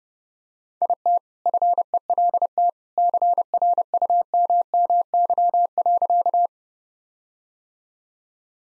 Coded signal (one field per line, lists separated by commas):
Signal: Morse code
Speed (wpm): 30 wpm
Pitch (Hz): 700 Hz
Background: none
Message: IT FELT CRUMMY.